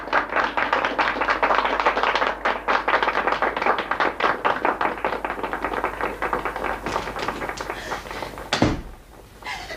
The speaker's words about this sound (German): Beifall, Luba, mein Täubchen, Beifall für dich.